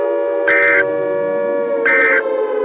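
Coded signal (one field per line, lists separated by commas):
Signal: Emergency Alert System (SAME) tones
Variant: end-of-message bursts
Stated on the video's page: Fictional EAS scenario; simulated alert, not a real emergency.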